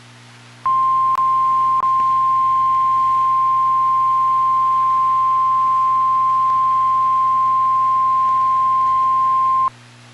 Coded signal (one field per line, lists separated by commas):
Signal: Emergency Alert System (SAME) tones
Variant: 1050 Hz attention tone